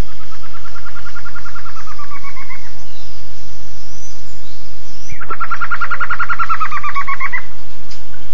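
Bird gives a fast even trill of clear repeated notes, slowly falling at the end, twice, separated by a few seconds of quiet, over a low hum.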